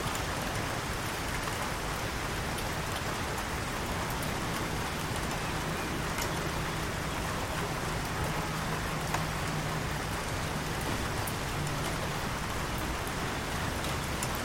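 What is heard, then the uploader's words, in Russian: Steady, dense rain falls on a canal's surface, with scattered sharper drop taps and a faint low hum passing in the middle. Капли дождя на реке. Уютный уголок сельской местности, где нежные капли дождя целуют поверхность спокойного канала.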